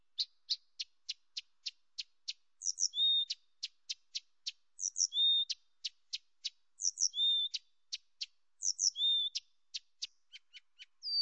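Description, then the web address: Blyth's reed warbler song: runs of rapid dry ticks broken every two seconds by a fuller chattering note and a low slurred whistle. Nominate subspecies dumetorum. "birds acrocephalus dumetorum dumetorum"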